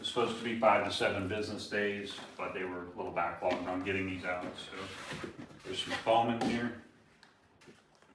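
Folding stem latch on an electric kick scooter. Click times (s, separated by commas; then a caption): 7.2 s. Someone talks for most of the clip while unboxing an electric kick scooter, a 20 MPH AWD Unagi. After the talking stops, the folding stem latch clicks into place at 7.2 s as the stem is raised and locks upright. A few faint knocks follow near the end.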